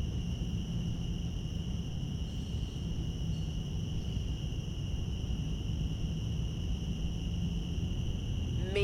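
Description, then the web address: Cicadas droning in a steady, unbroken high buzz with an even higher overtone, held without pause over a deep low rumble of background noise. Cicadas in Central Park. "lynne-publishing Central Park cicadas"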